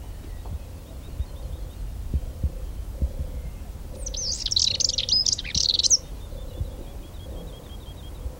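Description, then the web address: Moltoni's warbler song: a brief burst of rapid, scratchy high twittering lasting about two seconds, over steady low background rumble and a repeated mid-pitched note from another source. "canti sterpazzolina moltonii"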